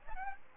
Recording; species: mosquito wingbeat signal from an infrared sensor; Aedes albopictus